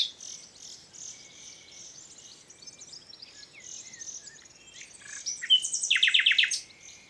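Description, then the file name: Common nightingale with soft varied twittering that builds into a loud series of rapid, repeated sharp notes near the end. "Luscinia megarhynchos"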